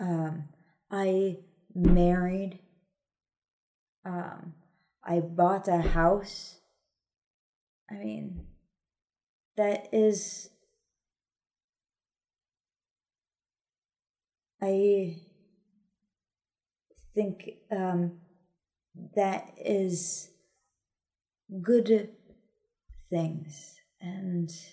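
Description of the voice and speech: An adult woman with aphasia after a stroke speaks haltingly, with long pauses, fillers and short ungrammatical phrases, typical of non-fluent aphasia.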